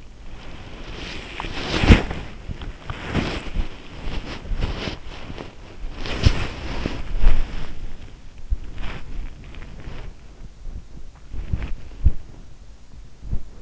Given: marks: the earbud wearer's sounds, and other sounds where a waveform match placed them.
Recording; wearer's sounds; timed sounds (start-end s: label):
sounds in sleep by an in-ear microphone; body movement
0.00-13.62 s: body movement